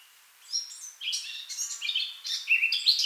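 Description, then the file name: Eurasian blackcap warbling in short bursts of quick, varied high notes. "Sylvia atricapilla"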